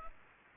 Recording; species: mosquito wingbeat signal from an infrared sensor; Culex pipiens